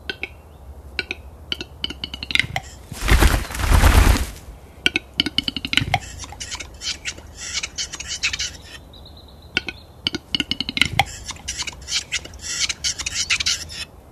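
Western capercaillie calling with a series of sharp, dry clicks, a loud rushing burst at about three to four seconds, then more irregular clicking and scraping notes.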